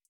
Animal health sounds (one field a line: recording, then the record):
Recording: hydrophone in a shrimp aquaculture tank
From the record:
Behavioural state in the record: feeding